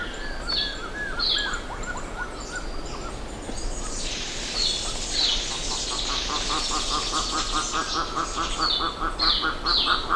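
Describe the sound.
Bird calls from a dense flock, many overlapping chattering notes with sharper, higher squawks bursting through, growing busier after the fourth second.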